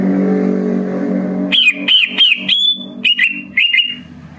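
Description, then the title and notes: Greater green leafbird song: after a low droning hum, a string of short whistles with sharp clicks, repeated rapidly. Training recording for teaching other birds (masteran and pancingan) of a bird singing in full, energetic song (gacor). "Masteran & Pancingan Cucak Ijo Gacor. Burung Cucak Ijo"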